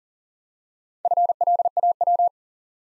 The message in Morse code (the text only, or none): FLAW